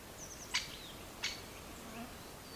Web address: cries of disturbed great spotted woodpeckers dendrocopos major